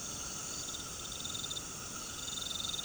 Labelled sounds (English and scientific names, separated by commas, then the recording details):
none
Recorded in pastures near Puerto Asís, Putumayo, Colombia, on 13 March 2025 at 18:30
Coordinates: 0.486, -76.323
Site G075